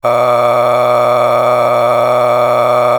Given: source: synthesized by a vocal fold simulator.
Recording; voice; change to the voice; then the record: sustained vowel; male; a random mix of aspiration noise, stiffness perturbation and strain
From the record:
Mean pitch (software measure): 115 Hz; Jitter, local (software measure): 3.19%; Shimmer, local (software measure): 11.2%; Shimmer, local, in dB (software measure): 0.89 dB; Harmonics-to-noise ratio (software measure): 8.3 dB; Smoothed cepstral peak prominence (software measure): 12.3 dB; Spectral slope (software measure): -15.2 dB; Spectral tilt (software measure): -10.1 dB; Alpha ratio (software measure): -5.7 dB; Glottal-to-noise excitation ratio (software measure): 0.902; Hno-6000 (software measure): 2.0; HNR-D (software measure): 21.3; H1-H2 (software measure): 2.3 dB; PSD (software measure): 2.5e-04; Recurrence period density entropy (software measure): 0.122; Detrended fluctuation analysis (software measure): 0.0375